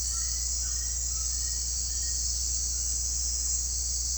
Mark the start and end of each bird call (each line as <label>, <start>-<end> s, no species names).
bird call, 0.00-2.30 s